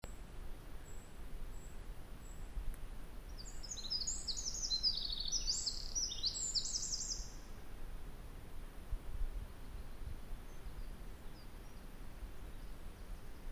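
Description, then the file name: Eurasian wren giving a few faint high notes, then a short rush of rapid, bright trilled notes, over steady low background noise. "Troglodytes troglodytes"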